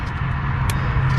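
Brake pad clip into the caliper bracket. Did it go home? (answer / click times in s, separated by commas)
yes / 0.7 s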